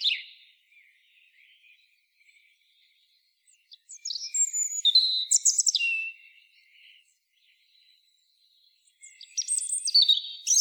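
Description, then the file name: European robin singing short high phrases separated by long pauses, each a jumble of thin whistles, squeaks and quick trills rising and falling in pitch. "Erithacus rubecula"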